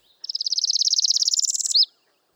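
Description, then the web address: Northern Parula song: a fast buzzy trill rising gradually in pitch for about one and a half seconds, ending in a quick slurred flourish, with a quiet background. Sings from high up. "BIRD NOTE. Northern Parula"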